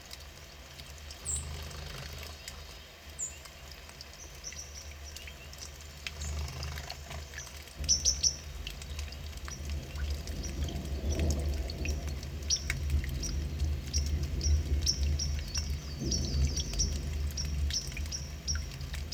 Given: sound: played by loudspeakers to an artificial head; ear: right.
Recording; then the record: nature sounds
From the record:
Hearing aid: none